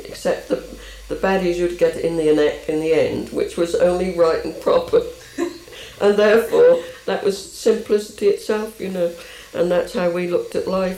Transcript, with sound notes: Except-- the baddies used to get it in the neck in the end, which was only right and proper. [laughs] And therefore, that was simplicity itself, you know. And that's how we looked at life.